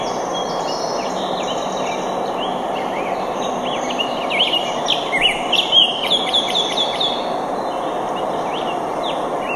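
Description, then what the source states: Birds giving rapid, high chirps and twitters that build in the middle, over constant rushing water noise. Recorded by a jungle river; locations given as Skinner Butte Park, Eugene, Oregon, and a rock creek ranch in Montana, USA.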